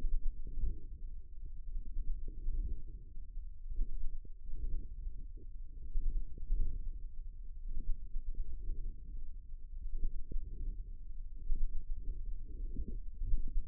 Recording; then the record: forearm muscle sounds (acoustic myography)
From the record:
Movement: forearm pronation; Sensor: system 1, eight BSWA MPA416 microphones around the upper forearm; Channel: 8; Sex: male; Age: 54 years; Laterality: right